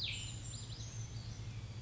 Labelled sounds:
Brown Creeper (Certhia americana)

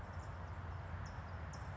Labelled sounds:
California Towhee (Melozone crissalis)

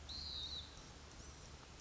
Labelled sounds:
Pacific Wren (Troglodytes pacificus)

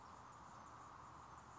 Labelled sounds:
Anna's Hummingbird (Calypte anna)

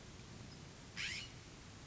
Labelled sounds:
California Scrub-Jay (Aphelocoma californica)

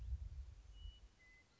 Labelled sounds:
Western Meadowlark (Sturnella neglecta)

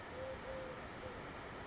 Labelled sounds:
Eurasian Collared Dove (Streptopelia decaocto)

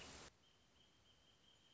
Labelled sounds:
Wrentit (Chamaea fasciata)

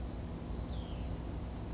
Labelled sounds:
Hutton's Vireo (Vireo huttoni)

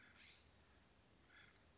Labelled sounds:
Acorn Woodpecker (Melanerpes formicivorus)

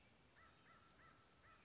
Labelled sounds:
American Crow (Corvus brachyrhynchos)

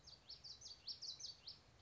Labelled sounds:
Common Yellowthroat (Geothlypis trichas)

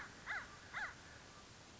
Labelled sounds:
American Crow (Corvus brachyrhynchos)

